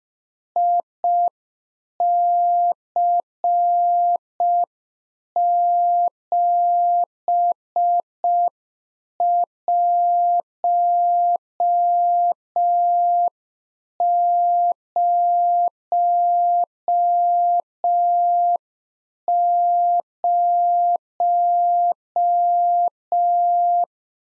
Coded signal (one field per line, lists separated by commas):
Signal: Morse code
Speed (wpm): 5 wpm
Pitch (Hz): 700 Hz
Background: none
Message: IC7100